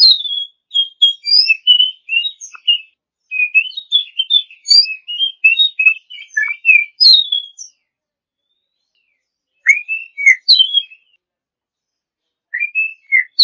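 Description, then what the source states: Oriental magpie-robin song, long rapid sequences of varied whistles, trills and slurs, broken by a pause and resuming in shorter phrases. Champion-class songbird.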